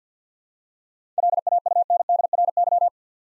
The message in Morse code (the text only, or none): LAUNDRY